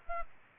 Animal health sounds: mosquito wingbeat signal from an infrared sensor; Aedes aegypti

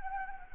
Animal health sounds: mosquito wingbeat signal from an infrared sensor; Anopheles gambiae

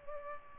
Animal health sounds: mosquito wingbeat signal from an infrared sensor; Culex pipiens

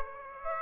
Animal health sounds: mosquito wingbeat signal from an infrared sensor; Aedes aegypti

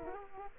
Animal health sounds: mosquito wingbeat signal from an infrared sensor; Aedes aegypti

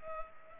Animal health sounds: mosquito wingbeat signal from an infrared sensor; Culex pipiens

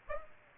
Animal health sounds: mosquito wingbeat signal from an infrared sensor; Aedes aegypti

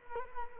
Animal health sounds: mosquito wingbeat signal from an infrared sensor; Culex quinquefasciatus

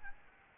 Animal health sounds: mosquito wingbeat signal from an infrared sensor; Aedes albopictus

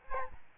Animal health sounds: mosquito wingbeat signal from an infrared sensor; Aedes albopictus

